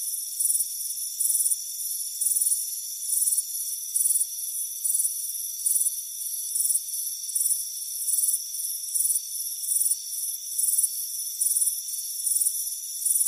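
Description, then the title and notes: Crickets give bright pulsed chirps at a steady, slightly uneven pace, with a continuous high whine of trilling insects behind them. Crickets chirping on a warm afternoon, heard from a front porch. "Soothing Crickets Chirping Sound. It's a warm afternoon as you relax in a hammock on the front porch. Relax and fall asleep to the soothing sound of chirping crickets. Deep Sleep Sounds"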